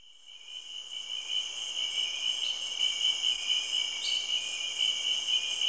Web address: BBC Sound Effects Library BBC 30-Africa - Natural World Cameroun, Insects And Frogs